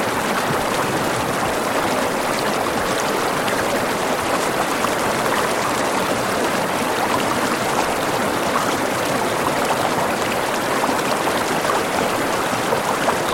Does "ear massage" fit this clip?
no